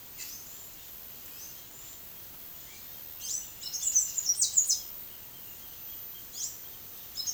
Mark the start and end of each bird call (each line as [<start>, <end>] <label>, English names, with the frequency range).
[2.60, 6.95] Roadside Hawk (2.4-3.6 kHz)
[3.12, 7.33] unidentified bird (2.6-9.9 kHz)